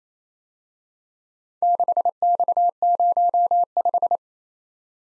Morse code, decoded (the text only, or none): 6X05